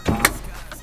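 With the ignition on, the sunroof switch on a Porsche 944 is pressed down, and the rear arms release from the glass sunroof panel with a sharp click at 0.3 s. Part of the sound may come from the switch or the motor. A low rumble starts the clip, and a softer tick follows near 0.7 s, leaving the arms disengaged and the panel free.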